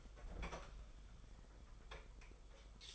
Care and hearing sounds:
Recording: daily activity, microphone in the room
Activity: open fridge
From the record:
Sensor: 5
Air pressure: 991.2 hPa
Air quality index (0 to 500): 112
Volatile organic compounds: 28 ppm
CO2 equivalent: 2916 ppm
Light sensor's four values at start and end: 35/106/41/44 and 37/108/42/45

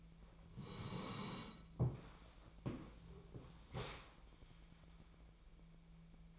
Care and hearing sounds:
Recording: daily activity, microphone in the room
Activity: sit down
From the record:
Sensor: 1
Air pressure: 1000.5 hPa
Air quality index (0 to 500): 179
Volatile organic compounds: 4 ppm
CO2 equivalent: 1654 ppm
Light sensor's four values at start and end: 12/30/12/14 and 12/30/12/14

